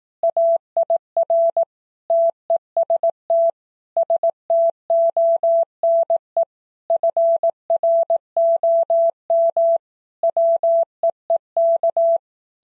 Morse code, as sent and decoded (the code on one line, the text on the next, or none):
.- .. .-. / - . ... - / ... - --- -. . / ..-. .-. --- -- / .-- . . -.-
AIR TEST STONE FROM WEEK